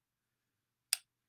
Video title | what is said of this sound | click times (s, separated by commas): That crazy Scentsy lady is back with more! | and it snaps in place you can hear it but that's how that works and then um | 0.9 s